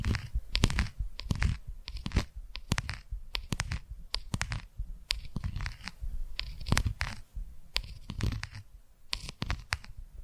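ASMR tapping: sharp, crisp taps and scratchy clicks come in quick, uneven bursts throughout, often clustered in pairs or short runs. Between hits there is a soft low rumble and faint rustling, with brief quieter gaps around the middle.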